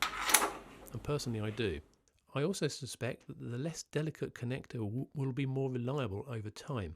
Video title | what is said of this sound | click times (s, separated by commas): LED Torches - Expensive or Cheap? | O light is definitely easier to connect for charging and gives a very satisfying click if you like that sort of thing and | 0.0 s